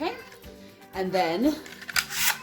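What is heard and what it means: Someone talks while handling an air-powered upholstery staple gun during loading, with the staple magazine or follower about to be pushed back in. A couple of sharp handling knocks are heard near 1.9 and 2.0 seconds, but the magazine has not yet popped into place and nothing has seated.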